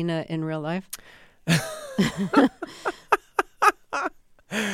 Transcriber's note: laughter